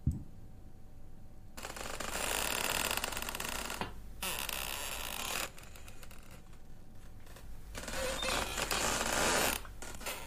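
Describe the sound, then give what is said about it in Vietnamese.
A half-open gate door, one leaf open and one closed, swings in the wind at night, creaking in three long, grinding groans, each lasting a second or two with short pauses between, over a low steady rumble of wind. “Gió đang lùa vào, cánh cửa khẽ đung đưa, cho đến khi vang lên những tiếng ken két, đến rợn người trong đêm.”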